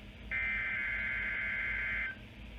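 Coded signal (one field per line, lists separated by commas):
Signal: Emergency Alert System (SAME) tones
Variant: header bursts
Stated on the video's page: National Periodic Test EAS captures from August 2021 on three radio stations and TV; the test was extremely quiet with an audible hum.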